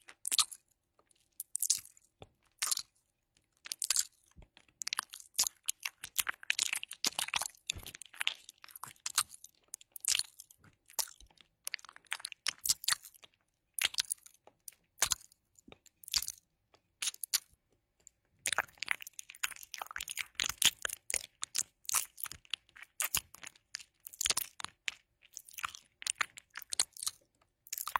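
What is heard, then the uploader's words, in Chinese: Lotion massage: quick, wet, sticky crackles and squishes come in dense, irregular bursts, crisp and bright. Short pauses break the rhythm, including a quieter gap around 17–18 seconds, before the busiest stretch resumes. It is otherwise quiet. 乳液按摩。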